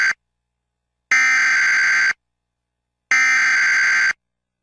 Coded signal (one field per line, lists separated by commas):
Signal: Emergency Alert System (SAME) tones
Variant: header bursts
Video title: The history of the emergency alert systems (eas)